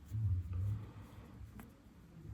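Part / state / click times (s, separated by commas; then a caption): screw-down crown on a wristwatch case / released / 1.6 s. The steel screw-down crown on a Tudor 1926 41 mm black-dial wristwatch case is unscrewed by hand, with a low rumble of handling and a faint tick near 0.5 s. At 1.6 s a short, sharp click is heard as the crown comes free of its thread and pops out to the winding position, fully released.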